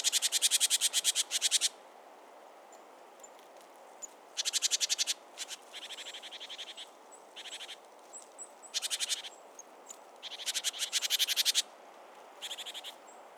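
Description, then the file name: Great tit rattling churr: several short bursts of fast, buzzy pulses with pauses between them, and faint high notes in the gaps. "Parus major"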